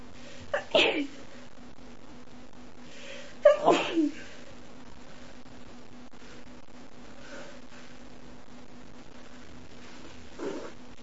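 An adult woman gives two sharp sneeze bursts, each with a quick intake and forceful expulsion, about three seconds apart, then softer nasal sounds near the end consistent with nose blowing. A quiet steady hum sits in the background. Ordinary sneezing.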